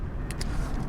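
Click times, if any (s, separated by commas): 0.3 s, 0.4 s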